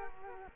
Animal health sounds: mosquito wingbeat signal from an infrared sensor; Culex quinquefasciatus

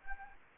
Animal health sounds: mosquito wingbeat signal from an infrared sensor; Anopheles gambiae

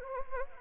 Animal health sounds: mosquito wingbeat signal from an infrared sensor; Anopheles gambiae

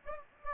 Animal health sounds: mosquito wingbeat signal from an infrared sensor; Anopheles gambiae

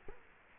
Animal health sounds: mosquito wingbeat signal from an infrared sensor; Culex quinquefasciatus

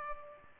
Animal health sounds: mosquito wingbeat signal from an infrared sensor; Culex pipiens

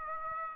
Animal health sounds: mosquito wingbeat signal from an infrared sensor; Aedes aegypti

